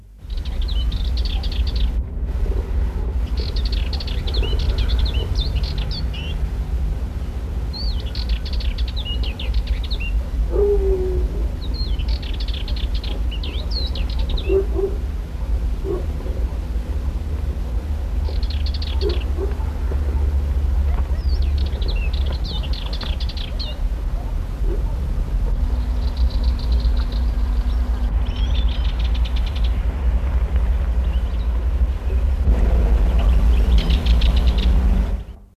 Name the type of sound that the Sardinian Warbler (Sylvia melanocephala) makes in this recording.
call